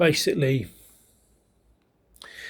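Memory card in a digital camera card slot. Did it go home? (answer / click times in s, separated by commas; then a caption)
released / 2.2 s. Someone talks, then after a pause a memory card is pressed in the card slot of a Kodak Pixpro WPZ2 digital camera to unlatch it. The spring-loaded push-push slot clicks at 2.2 s and again at 2.2 s, and the card is released and comes partway out of the slot.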